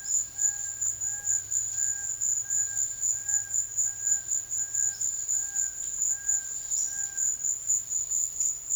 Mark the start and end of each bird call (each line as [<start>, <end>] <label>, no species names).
[0.00, 7.47] bird call